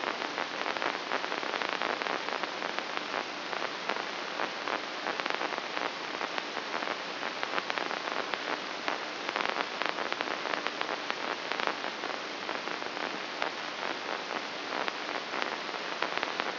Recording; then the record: brain microelectrode recording played as sound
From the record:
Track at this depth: inside the subthalamic nucleus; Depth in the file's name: 5.263 mm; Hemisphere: left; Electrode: 3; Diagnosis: Parkinson's disease